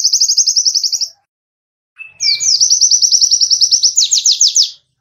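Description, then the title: White-eye song: a rapid high trill, a pause, a thin whistle, then a long trill. Masteran, a song-training recording for kept birds; white-eye described as gacor (singing constantly) with full tembakan (rapid trill bursts). "Masteran Burung Pleci Gacor Full Tembakan"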